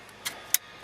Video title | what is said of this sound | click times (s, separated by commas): 97 Mercedes E Class iPod iPhone AUX input Installation and Demonstration | Alright, now that it's clicked, all you can do is put a little outward pressure and pull out. | 0.5 s